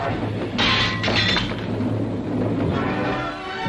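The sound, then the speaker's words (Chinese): A partly drunk liquor bottle is smashed hard over a Japanese soldier's head during a fight: two bright, crashing bursts of shattering a moment apart, over a steady low rumble that carries on after the breaking fades. “鲁汉早就憋不住了，抡起那还没喝光的酒瓶狠狠地砸在鬼子的脑袋上。”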